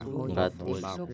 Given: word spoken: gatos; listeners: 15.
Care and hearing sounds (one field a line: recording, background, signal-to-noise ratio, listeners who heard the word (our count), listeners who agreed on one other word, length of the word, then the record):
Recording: one Spanish word in noise, from a listening test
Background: four-talker babble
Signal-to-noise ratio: 0.8 dB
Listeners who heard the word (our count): 0 of 15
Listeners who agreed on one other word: 9 of 15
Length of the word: 0.74 s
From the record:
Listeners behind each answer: 9, 1, 1, 1, 1, 1, 1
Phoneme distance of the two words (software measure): 10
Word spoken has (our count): 2 syllables, 5 phonemes, stress on syllable 1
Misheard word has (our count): 2 syllables, 5 phonemes, stress on syllable 1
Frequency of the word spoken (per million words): 11.14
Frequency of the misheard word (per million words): 183.55